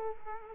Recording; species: mosquito wingbeat signal from an infrared sensor; Culex quinquefasciatus